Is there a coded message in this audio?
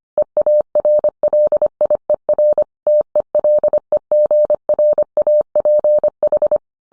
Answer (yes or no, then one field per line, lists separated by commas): yes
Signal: Morse code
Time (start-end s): 0.2-6.6 s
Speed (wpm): 25 wpm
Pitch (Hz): 600 Hz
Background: none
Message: EARLIER TELEGRAPH